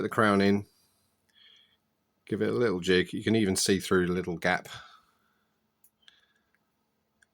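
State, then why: Not seated. The crown on the winding stem of an Omega Cosmic 2000 watch is set into the movement and given a little jiggle, lining the stem up through a small gap before it is pushed home, while someone talks. After the talking stops, a few faint, short ticks of handling are heard. The stem has not seated or clicked yet; this is alignment only.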